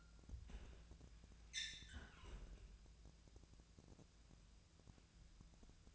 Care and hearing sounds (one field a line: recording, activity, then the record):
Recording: daily activity, microphone in the room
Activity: close fridge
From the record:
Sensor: 2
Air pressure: 999.9 hPa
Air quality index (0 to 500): 124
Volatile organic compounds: 2 ppm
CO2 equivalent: 1068 ppm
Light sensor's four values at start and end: 29/73/31/35 and 29/73/31/34